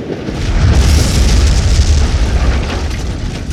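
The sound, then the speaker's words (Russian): A huge explosion as partisans blow up a railway bridge with explosives laid under the rails while a German military train crosses, derailing it, with a heavy, booming low rumble and crackling debris roar that stays loud for several seconds without any voices. “Ух, как бабахнуло! Полмоста взорвалось!”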